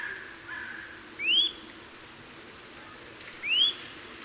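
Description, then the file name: Eurasian nuthatch giving two clear upslurred whistles about two seconds apart, each bending upward then levelling off, over quiet steady background hiss. "Sitta europaea"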